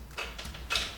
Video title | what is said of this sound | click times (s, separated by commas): Formation branchement électrique | c'est clipsé. | 0.4 s